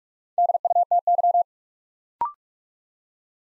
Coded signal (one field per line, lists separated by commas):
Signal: Morse code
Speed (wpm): 44 wpm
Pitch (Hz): 700 Hz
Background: none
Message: DUTY